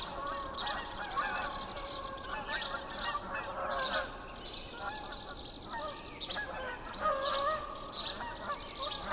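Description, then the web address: Canada goose: canada geese calling in an ongoing flock chorus of honks, moderately loud, with higher bird chirps sounding throughout. Recorded 19 May 2007 at 04:55. "ear jh 070519-0455 can-geese"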